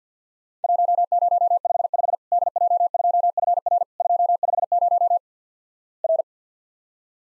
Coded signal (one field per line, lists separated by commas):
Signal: Morse code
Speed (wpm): 50 wpm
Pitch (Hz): 700 Hz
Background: none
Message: 1055 DJ2FR 250 R